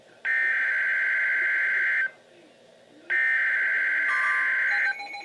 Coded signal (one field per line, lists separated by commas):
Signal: Emergency Alert System (SAME) tones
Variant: header bursts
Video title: Flash Flood Warning - EAS #270